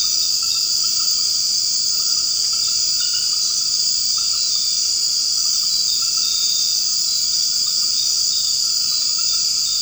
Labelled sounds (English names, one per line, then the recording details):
none
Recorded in secondary vegetation near Puerto Asís, Putumayo, Colombia, on 24 March 2025 at 23:30
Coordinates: 0.502, -76.326
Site G100